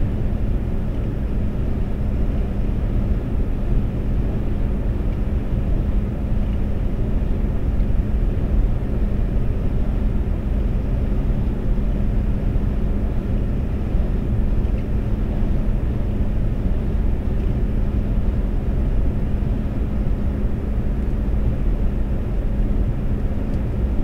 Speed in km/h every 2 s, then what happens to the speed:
130, 130, 130, 130, 130, 130, 130, 130, 130, 130, 130, 130.
0-24 steady at about 130.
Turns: none.